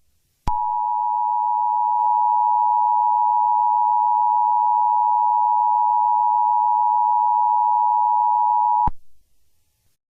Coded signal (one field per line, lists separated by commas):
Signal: Emergency Alert System (SAME) tones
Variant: 853 and 960 Hz attention tone